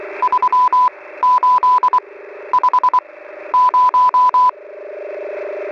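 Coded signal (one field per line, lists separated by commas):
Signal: Morse code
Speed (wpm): 24 wpm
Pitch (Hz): 1000 Hz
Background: none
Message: 3850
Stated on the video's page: Numbers-station CW messages: Squeaky Wheel on 5361 kHz, also broadcast on 5473 kHz; Pip sub frequency 6922 kHz, main 5448 kHz.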